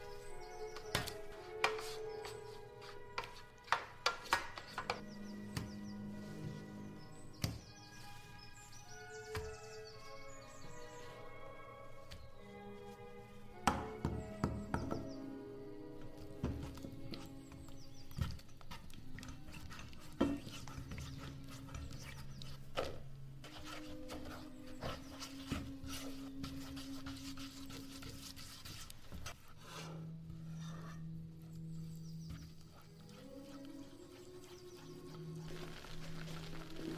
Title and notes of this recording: Vintage kitchen ASMR Ambience | cooking with oldies playing. Granny is cooking in the kitchen while oldies music playing from living room